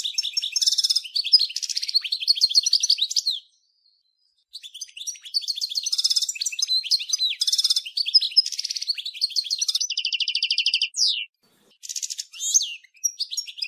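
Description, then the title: European goldfinch delivering sustained high twittering song, fast varied chirps mixed with buzzy rattles, broken by brief silences and resuming. "Chant Chardonneret"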